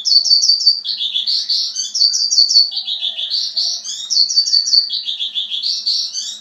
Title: Suara Burung Branjangan